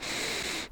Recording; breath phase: one breath near a microphone; inhalation